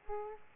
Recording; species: mosquito wingbeat signal from an infrared sensor; Aedes aegypti